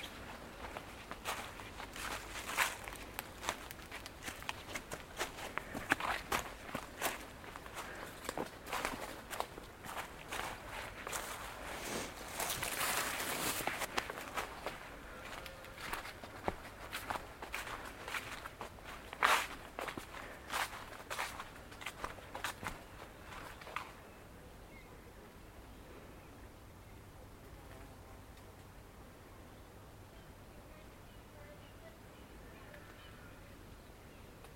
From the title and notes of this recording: Amble through Woodwell in Silverdale. Recorded using binaural headphones.